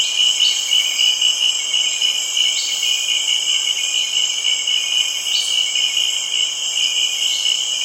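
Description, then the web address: Insect chorus of continuous piercing trills, one layer swelling a few times above the steady high buzz. Early evening in tropical rain forest at Kribi, Cameroon. "BBC Africa Cameroon. kribi early evening tropical rain forest atmosphere with insects and frogs"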